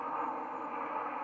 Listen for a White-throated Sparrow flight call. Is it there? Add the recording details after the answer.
no. No flight call is heard. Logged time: 02:02 on 10 November 2014